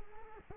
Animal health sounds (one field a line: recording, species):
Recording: mosquito wingbeat signal from an infrared sensor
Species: Culex quinquefasciatus